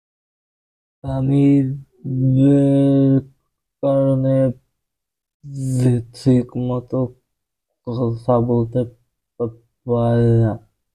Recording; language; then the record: elicited speech; Bengali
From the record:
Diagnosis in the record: Broca's or global aphasia after a stroke